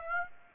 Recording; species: mosquito wingbeat signal from an infrared sensor; Aedes aegypti